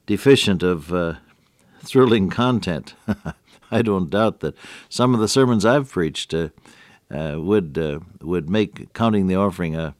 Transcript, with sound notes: deficient of thrilling content. [chuckle] I don’t doubt that some of the sermons I’ve preached would make counting the offering